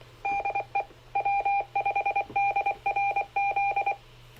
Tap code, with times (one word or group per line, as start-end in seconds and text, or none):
none